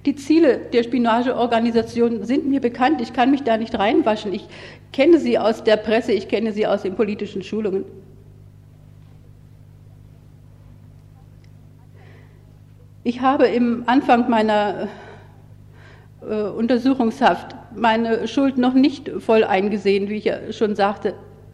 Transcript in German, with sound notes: Die Ziele der Spionageorganisation sind mir bekannt - ich kann mich da nicht reinwaschen. Ich kenne sie aus der Presse, ich kenne sie aus den politischen Schulungen. [Sprechpause] Ich habe im Anfang meiner - äh - Untersuchungshaft meine Schuld noch nicht voll eingesehen, wie ich ja schon sagte.